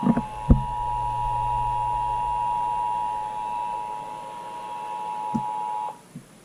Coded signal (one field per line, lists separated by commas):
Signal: Emergency Alert System (SAME) tones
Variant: 853 and 960 Hz attention tone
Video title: Double Whammy | KDKA RWT on KDKA AM and KPL20 | EAS #261